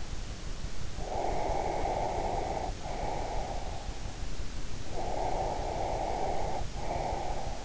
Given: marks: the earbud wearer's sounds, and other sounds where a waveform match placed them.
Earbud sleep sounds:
sounds in sleep by an in-ear microphone; breath
0.89-3.90 s: breath
4.88-7.65 s: breath

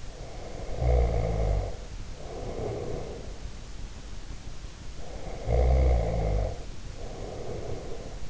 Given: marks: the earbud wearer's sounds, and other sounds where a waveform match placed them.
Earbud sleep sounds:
sounds in sleep by an in-ear microphone; snoring breath
0.00-3.69 s: snoring breath
4.87-8.25 s: snoring breath

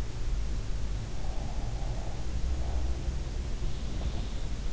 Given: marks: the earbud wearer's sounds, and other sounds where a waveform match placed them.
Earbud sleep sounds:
sounds in sleep by an in-ear microphone; breath
1.20-3.14 s: breath
3.78-4.64 s: sound from someone else or the room

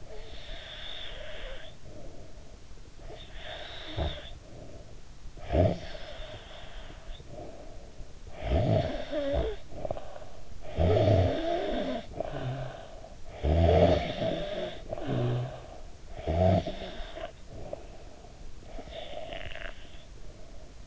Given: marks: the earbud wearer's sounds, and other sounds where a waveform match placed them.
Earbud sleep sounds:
sounds in sleep by an in-ear microphone; breath, snoring breath
0.00-2.83 s: breath
2.94-5.14 s: snoring breath
5.28-20.86 s: snoring breath

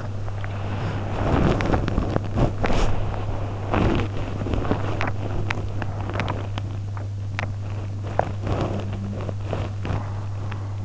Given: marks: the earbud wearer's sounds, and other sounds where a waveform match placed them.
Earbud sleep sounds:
sounds in sleep by an in-ear microphone; body movement
0.00-10.85 s: body movement

